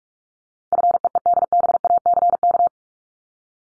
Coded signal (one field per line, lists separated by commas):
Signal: Morse code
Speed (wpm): 44 wpm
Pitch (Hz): 700 Hz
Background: none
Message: FEEDBACK